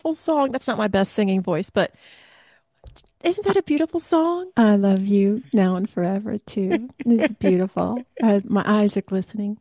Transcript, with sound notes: That's not my best singing voice, but... Isn't that a beautiful song?
I love you now and forever too.
(laughs)
It's beautiful. Uh, my eyes are glistening.